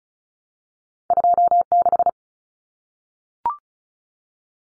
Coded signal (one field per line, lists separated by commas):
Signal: Morse code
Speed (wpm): 34 wpm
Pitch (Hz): 700 Hz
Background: none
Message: 26